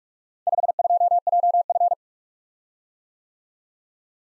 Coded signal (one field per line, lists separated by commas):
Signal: Morse code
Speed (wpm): 44 wpm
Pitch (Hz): 700 Hz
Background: none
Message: 52JF